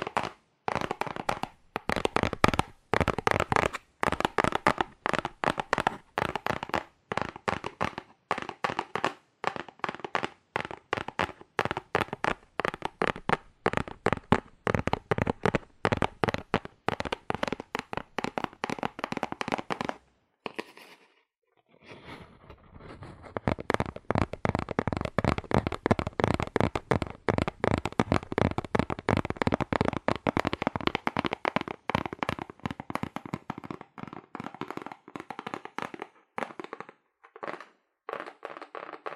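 Fast, aggressive tapping on cardboard, a dense run of sharp, dry knocks that crackle like firecrackers. The rapid taps continue steadily, break off for about two seconds near the 20-second mark, then resume just as fast before thinning out toward the end.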